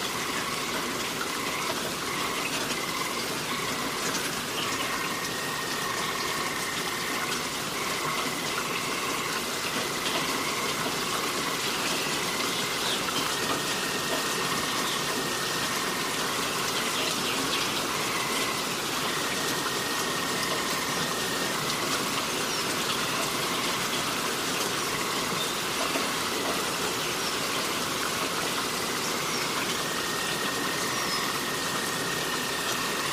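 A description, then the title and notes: Rain falls in a steady, dense hiss that holds the same level for the whole stretch, with no pauses or bursts. A thin, high whine wavers on and off throughout, and a faint low drone like a distant idling engine sits underneath. Relaxing Rain Sounds & Forest Ambience.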